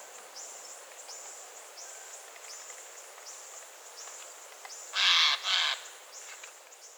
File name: Garrulus glandarius